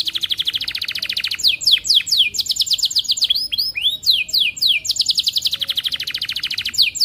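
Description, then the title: Atlantic canary song of fast, even high trills, then a run of sweeping downslurred notes and renewed rapid rolling trills, continuous throughout. Energetic, persistently singing canary ('gacor') with the best 'cengkok' song phrasing and the richest 'isian' song content. "Kenari Gacor Cengkok Terbaik Isian Paling Mewah Kenarigacor Kicaumania Kenari"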